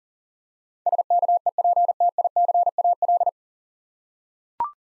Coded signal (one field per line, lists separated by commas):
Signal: Morse code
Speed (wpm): 40 wpm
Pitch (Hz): 700 Hz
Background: none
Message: SKEPTICAL